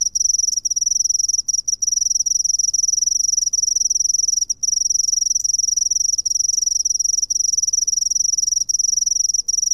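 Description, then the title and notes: High, shrill cricket trill running almost without pause, with a handful of very short breaks. "Grillo by Kellyn Parra Garcia"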